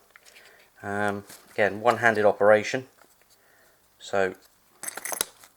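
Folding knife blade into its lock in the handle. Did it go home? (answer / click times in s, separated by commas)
yes / 5.2 s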